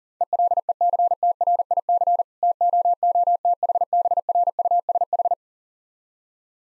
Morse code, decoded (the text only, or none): ELECTRIC TOOTHBRUSH